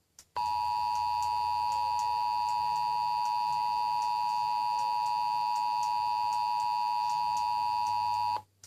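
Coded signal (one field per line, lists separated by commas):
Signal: Emergency Alert System (SAME) tones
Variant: 853 and 960 Hz attention tone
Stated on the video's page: EAS alert received on TV.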